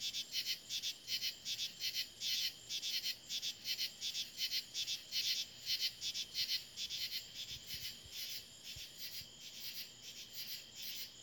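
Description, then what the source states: Insect chorus of fast, shrill pulsing bursts, many callers overlapping in a continuous high buzz with irregular rhythm. Insect chorus recorded in July.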